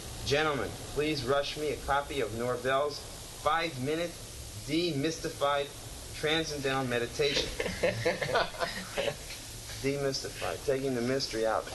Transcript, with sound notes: 'Gentlemen, please rush me a copy of Norbell's five minute de-mystified transcendental meditation.' " [laughter] De-mystified; taking the mystery out.